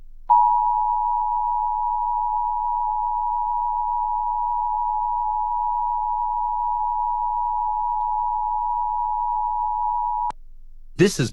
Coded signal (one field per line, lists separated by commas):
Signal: Emergency Alert System (SAME) tones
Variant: 853 and 960 Hz attention tone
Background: speech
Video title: SiriusXM Monthly Test (1/18/23)(EAS 1372)